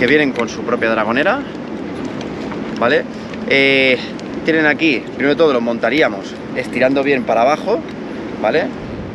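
A man talks while handling a Leki Ultratrail FX One Superlite folding trail-running pole, getting ready to assemble it by pulling the section firmly downward into the pole's push-button lock. Only his speech is heard over a steady background. The section has not yet clicked or locked into place.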